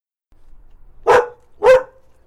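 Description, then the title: Dog barking, two short, harsh barks about half a second apart, with quiet low rumbling before them. "Universidad del Claustro de Sor Juana - Colegio de Comunicación - Sonoteca de México. PERRO LADRANDO"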